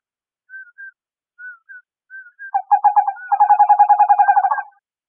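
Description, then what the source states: Western screech owl calls: soft paired whistled notes, then a loud, rapid run of low hooting pulses lasting about two seconds. Recorded 4 June 2008.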